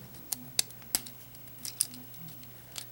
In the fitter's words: Rotate the arms. Snap them into place on the sides, and they become the whole side of the car.